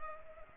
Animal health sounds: mosquito wingbeat signal from an infrared sensor; Culex pipiens

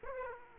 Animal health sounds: mosquito wingbeat signal from an infrared sensor; Aedes aegypti

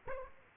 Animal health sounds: mosquito wingbeat signal from an infrared sensor; Aedes aegypti

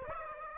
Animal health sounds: mosquito wingbeat signal from an infrared sensor; Aedes aegypti

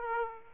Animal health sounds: mosquito wingbeat signal from an infrared sensor; Aedes aegypti

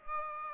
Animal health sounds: mosquito wingbeat signal from an infrared sensor; Aedes aegypti

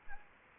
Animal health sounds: mosquito wingbeat signal from an infrared sensor; Anopheles arabiensis

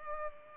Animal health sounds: mosquito wingbeat signal from an infrared sensor; Culex pipiens

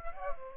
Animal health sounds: mosquito wingbeat signal from an infrared sensor; Aedes aegypti

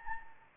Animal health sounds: mosquito wingbeat signal from an infrared sensor; Anopheles gambiae

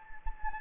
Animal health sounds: mosquito wingbeat signal from an infrared sensor; Anopheles gambiae

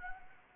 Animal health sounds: mosquito wingbeat signal from an infrared sensor; Anopheles gambiae

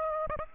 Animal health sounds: mosquito wingbeat signal from an infrared sensor; Aedes aegypti

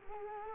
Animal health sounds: mosquito wingbeat signal from an infrared sensor; Culex quinquefasciatus

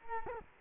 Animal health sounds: mosquito wingbeat signal from an infrared sensor; Culex quinquefasciatus

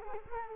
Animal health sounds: mosquito wingbeat signal from an infrared sensor; Culex quinquefasciatus

